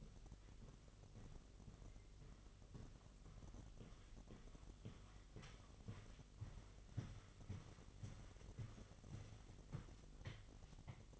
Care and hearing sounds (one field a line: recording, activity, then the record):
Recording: daily activity, microphone in the room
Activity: walk to room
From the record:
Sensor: 4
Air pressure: 1000.3 hPa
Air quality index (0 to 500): 216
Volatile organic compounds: 23 ppm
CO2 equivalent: 2785 ppm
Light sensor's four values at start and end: 9/21/8/8 and 9/20/8/7